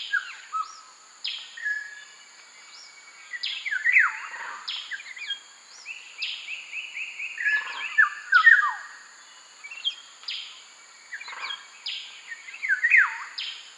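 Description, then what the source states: Black-naped oriole giving falling whistled notes in loose bursts, over a constant high insect hum. Subspecies mundus.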